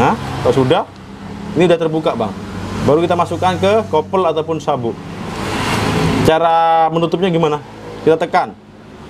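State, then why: Not seated. Someone talks while handling the open attachment clip of a universal holster for a short handgun, fitting it onto a belt or mount and pressing to close it. Nothing has seated or clicked yet.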